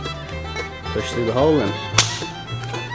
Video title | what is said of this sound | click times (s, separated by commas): Episode 4- Early 1900's Farmhouse to AirBNB - 10ft Kitchen Ceiling Build!! | snap in place, and a little gasket on top. How nice. Oh yeah. That couldn't be easier. | 2.0 s